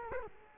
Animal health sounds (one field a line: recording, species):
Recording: mosquito wingbeat signal from an infrared sensor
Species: Culex quinquefasciatus